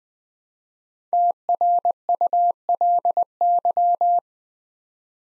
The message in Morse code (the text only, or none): TRULY